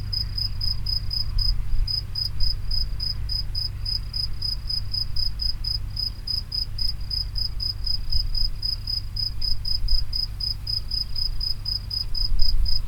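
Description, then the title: Grasshopper chirping: a long, unbroken series of quick high tonal pulses at a steady pace, over a loud low rumble. Recorded near the Henri Bridge at Niévroz. "Niévroz, Locusts near the Henri Bridge - Criquets vers le Pont Henri"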